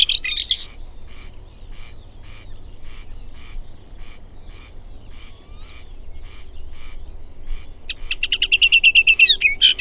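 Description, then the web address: Booted warbler with a short scratchy burst at the start, faint regular ticking in between, and a quick chattering trill near the end. Recorded June 2007. "Hipcal. kesakuu-2007"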